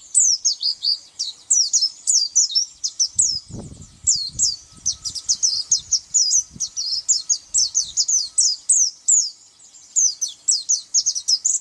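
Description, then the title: White-eye delivering long bursts of rapid high twittering chirps, brief gaps between runs, with some low thumping noise in the middle part. "Pleci"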